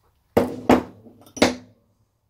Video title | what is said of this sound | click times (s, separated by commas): Classic Mini Restoration: Eleanor Video 38, Finishing The Rear Subframe | There you go. Hear the click, it's in place. | 0.4 s